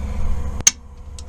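A click-type torque wrench tightens a lug nut on a Celica's wheel until it breaks over, with a steady low hum that cuts off just before a single sharp click at 0.7 s. Faint high ticks follow near the end. The lug nut is confirmed torqued.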